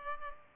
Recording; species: mosquito wingbeat signal from an infrared sensor; Culex pipiens